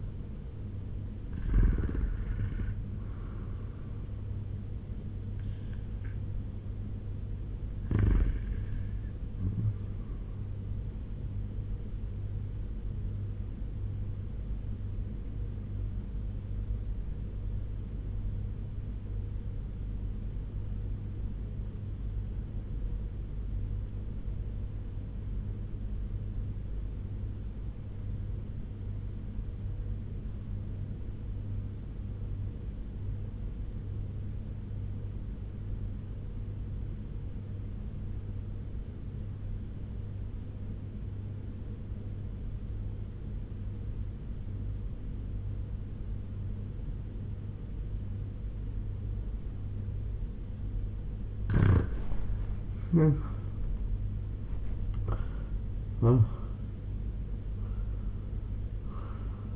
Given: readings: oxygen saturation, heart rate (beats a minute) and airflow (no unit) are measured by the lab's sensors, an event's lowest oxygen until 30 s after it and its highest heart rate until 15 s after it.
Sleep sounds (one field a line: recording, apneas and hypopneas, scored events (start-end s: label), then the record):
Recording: breathing in sleep by a smartphone at the bedside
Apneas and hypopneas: 1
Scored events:
17.00-51.50 s: obstructive apnea (REM, oxygen 97% highest, then 80% lowest, heart rate 100 at the start, 100 highest)
From the record:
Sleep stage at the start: REM sleep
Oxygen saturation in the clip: 73 to 97%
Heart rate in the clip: 93 to 102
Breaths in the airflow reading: 5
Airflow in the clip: -9.2 to 6.0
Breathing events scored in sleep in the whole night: 201 in 6.5 hours asleep